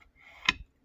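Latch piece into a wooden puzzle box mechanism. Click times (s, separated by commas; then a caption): 0.5 s. A latch piece is pushed back into the mechanism of a wooden puzzle box after a drawer has been opened and a piece taken out. Faint scraping comes just before a single sharp click at 0.5 seconds. The latch piece seats back into place.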